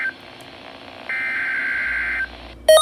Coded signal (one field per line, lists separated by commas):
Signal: Emergency Alert System (SAME) tones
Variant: header bursts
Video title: Child Abduction Emergency | NWR | EAS# 67